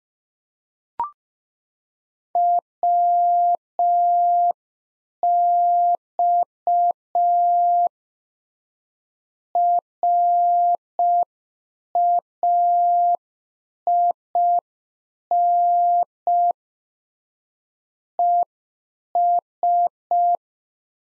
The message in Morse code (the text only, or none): WX RAIN ES